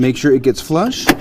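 A scrub brush is lined up on the drive hub bearing cap of a Kärcher B 110 R Bp scrubber drier's deck, with its teeth set to engage the two apertures on the cap, and pushed flush. Someone talks throughout the short clip. Nothing has seated or clicked yet; the brush has not locked into place.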